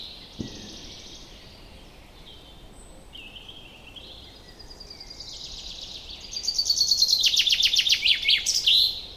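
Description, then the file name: Common chaffinch song: a brief click and faint chirps, then a bright trill that descends in steps and ends in a sharp flourish. "Fringilla coelebs"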